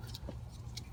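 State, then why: Not seated. A metal anti-rattle spring clip is being fitted onto the front brake caliper of a BMW E36 (318, 325, 328, M3) during a front brake pad replacement, hooked under the edges and rolled in under pressure. Short, bright metallic ticks are heard at about 0.2 s and 0.8 s, with a softer, lower knock near 0.3 s over a steady low rumble. Nothing has seated or clicked yet; the clip has not snapped home.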